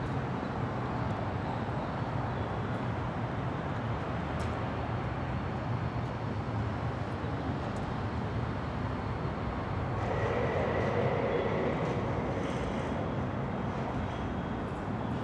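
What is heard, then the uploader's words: Street noise outside a building entrance: a steady, dense traffic rumble fills the whole clip. From about ten to thirteen seconds it swells slightly as a passing vehicle adds a thin whine, and a few faint clicks come near four and eight seconds. Building Entrance Near the Street.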